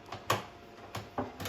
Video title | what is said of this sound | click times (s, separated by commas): How to Remove an IKEA Maximera Drawer Front | until it clicks and you see this one comes out we do the same thing | 0.3 s